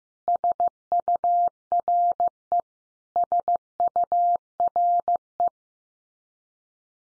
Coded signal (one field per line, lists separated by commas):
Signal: Morse code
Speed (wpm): 14 wpm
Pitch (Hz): 700 Hz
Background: none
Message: SURE SURE